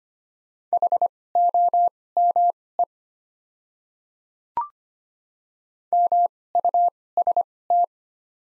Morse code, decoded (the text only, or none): HOME MUST